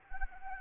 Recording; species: mosquito wingbeat signal from an infrared sensor; Anopheles arabiensis